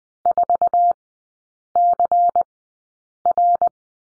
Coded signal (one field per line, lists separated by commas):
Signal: Morse code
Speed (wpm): 20 wpm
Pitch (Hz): 700 Hz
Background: none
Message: 4CR